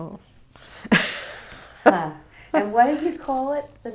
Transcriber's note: laughs